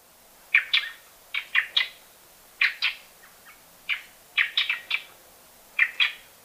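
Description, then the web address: Plain-tailed wren calls, rasping chattering notes in pairs and triplets with brief gaps between bursts. Ecuador. "Natures Songs S America Birds of Ecuador Plain-tailed Wren"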